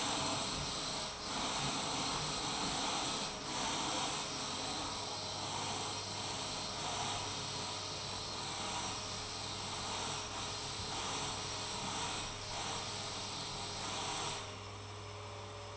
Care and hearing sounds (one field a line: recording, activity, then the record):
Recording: daily activity, microphone in the room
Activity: vacuum cleaning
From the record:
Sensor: 1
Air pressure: 1010.2 hPa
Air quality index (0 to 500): 173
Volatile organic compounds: 13 ppm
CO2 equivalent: 2381 ppm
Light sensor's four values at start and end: 48/126/52/65 and 52/135/55/70